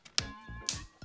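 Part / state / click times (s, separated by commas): smartphone frame retaining clips into the display assembly / seated / 0.2 s, 0.7 s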